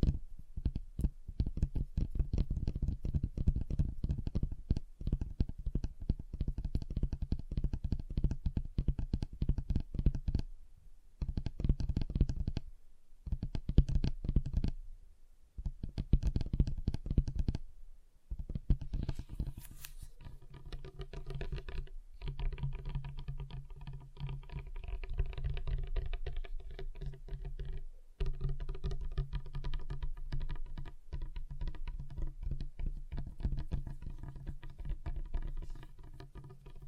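Fingers tap on a table in quick, dense bursts of knocks, with low thuds dominating the first half. Several brief silences break the tapping around 11, 13, 15 and 18 seconds. After about 20 seconds the taps turn lighter and more even, with a clearer ringing tone.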